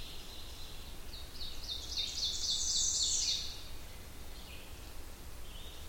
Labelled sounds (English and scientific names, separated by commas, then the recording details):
Ovenbird (Seiurus aurocapilla) song
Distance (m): 55 m
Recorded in boreal forest in Alberta, Canada, on 27 June 2016 at 08:11
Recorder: SongMeter 3, array SBT-6-79
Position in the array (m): 91 m, 208 m
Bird 41